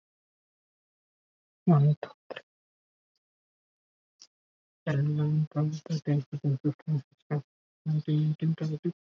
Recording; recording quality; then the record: counting at a fast pace; moderate, slight background noise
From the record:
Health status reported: COVID-19 positive, mild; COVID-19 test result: positive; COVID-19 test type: RT-PCR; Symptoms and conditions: cough, fever, fatigue, muscle pain, asthma, hypertension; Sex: male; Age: 28 years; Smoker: no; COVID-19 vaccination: both doses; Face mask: worn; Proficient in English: yes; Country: India